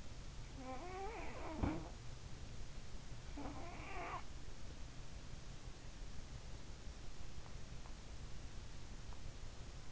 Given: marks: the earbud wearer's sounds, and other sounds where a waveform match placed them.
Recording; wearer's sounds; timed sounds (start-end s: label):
sounds in sleep by an in-ear microphone; snoring breath
0.00-2.28 s: snoring breath
3.03-4.74 s: snoring breath